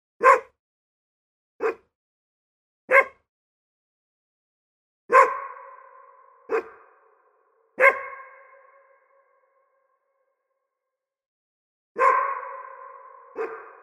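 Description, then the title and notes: Dog barking: eight short, sharp barks at irregular intervals, the later ones trailed by a long, ringing echo that fades over a second or more. Forest. "Forest Reverb with Dog by Phonophilist"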